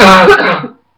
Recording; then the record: coughing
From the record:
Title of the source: Barking cough - # 10